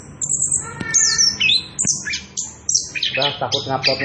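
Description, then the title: Orange-headed thrush song with very high sliding whistles and a few sharp clicks, turning into rapid harsh, buzzy phrases toward the end. Singing prolifically (gacor) with continuous rolling 'ngerol edan' song; used as a lure (pancingan) and tutor (masteran) for young birds (trotolan). "Anis Kembang Gacor. pancingan anis kembang ngerol edan masteran trotolan"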